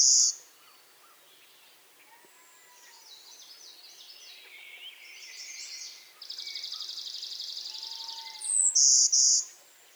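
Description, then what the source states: Warbler hybrid song: high buzzy notes at the start and again near the end, with descending twittering and a long steady trill between them. Hybrid Golden-winged x Blue-winged Warbler, Vermivora chrysoptera x cyanoptera.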